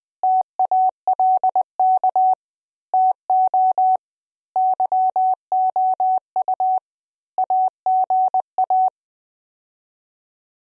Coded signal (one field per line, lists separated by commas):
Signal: Morse code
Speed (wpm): 20 wpm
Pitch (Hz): 750 Hz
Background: none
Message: TALK TO YOU AGA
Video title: CW Trainer Demo